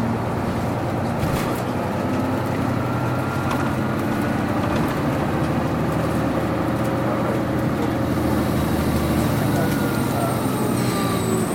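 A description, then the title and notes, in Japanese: A city bus engine runs at a steady, heavy rumble throughout, dense and deep with a constant low throb. A few brief clicks or knocks come through near the start, and a faint whine shifts in pitch toward the end, with possible murmured voices underneath. 都バス エンジン音。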